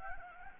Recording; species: mosquito wingbeat signal from an infrared sensor; Anopheles gambiae